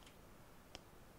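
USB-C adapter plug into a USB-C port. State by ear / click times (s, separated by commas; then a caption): seated / 0.8 s. The USB-C end of a USB-C to 3.5 mm headphone adapter is pushed into a device's USB-C port against a quiet, steady background. A single short, sharp click sounds at 0.8 s as the plug reaches the end of its travel, and the plug is seated in the port.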